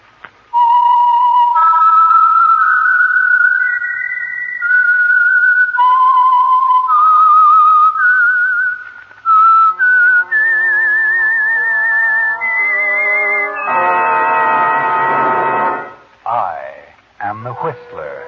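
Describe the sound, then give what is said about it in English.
The whistled theme identifying the Signal Oil Company radio program The Whistler: a lone whistler carries a slow, eerie melody of long, wavering notes, then instruments join beneath it and the music swells into a loud, dense chord before breaking off. “And for Sunday evening listening pleasure, the signal to listen for is this whistle that identifies the Signal Oil program, The Whistler.”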